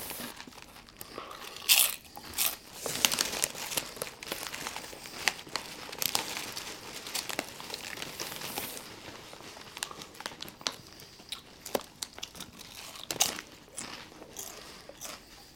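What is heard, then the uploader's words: Chips and soda: crinkling bag handling and crunchy bites fill the recording in irregular bursts. Bright crackling runs densest between about two and nine seconds, then thins to scattered sharp crunches and rustles, with louder snaps near two and thirteen seconds. Chips & Soda.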